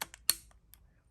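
The second detachable controller is slid onto the other side rail of a Nintendo Switch V2 console, with a few light plastic ticks around it. It latches into place with a sharp click at 0.3 s, and the controller is seated.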